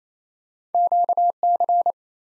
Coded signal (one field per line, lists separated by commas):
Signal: Morse code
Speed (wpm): 29 wpm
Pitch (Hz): 700 Hz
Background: none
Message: QC